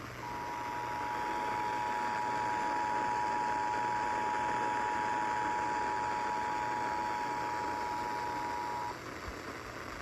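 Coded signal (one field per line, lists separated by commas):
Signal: Emergency Alert System (SAME) tones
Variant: 853 and 960 Hz attention tone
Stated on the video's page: Tornado, severe thunderstorm, watch and monthly test alerts from Dallas-Fort Worth NOAA Weather Radio (162.550 MHz) and local AM, FM and TV stations.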